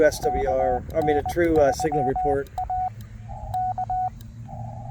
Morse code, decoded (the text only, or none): KN3A K